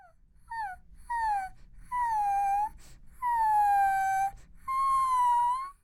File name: Perro llanto